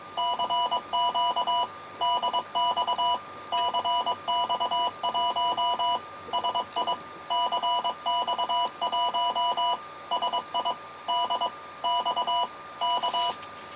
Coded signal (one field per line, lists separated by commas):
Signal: Morse code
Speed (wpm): 22 wpm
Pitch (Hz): 980 Hz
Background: none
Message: CQ DX CX1SI CX1SI DX K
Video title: 29 Setiembre algo de radio RADIOAFICION EN URUGUAY CX1SI GEO